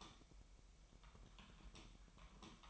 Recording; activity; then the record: daily activity, microphone in the room; typing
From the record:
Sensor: 1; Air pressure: 1002.0 hPa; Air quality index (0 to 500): 244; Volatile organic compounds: 49 ppm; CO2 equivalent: 3285 ppm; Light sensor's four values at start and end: 8/29/10/12 and 8/29/10/12